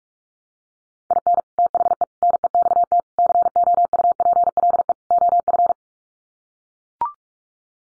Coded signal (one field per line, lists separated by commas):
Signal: Morse code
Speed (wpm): 44 wpm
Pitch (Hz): 700 Hz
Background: none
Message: IN THE NEXT COUPLE OF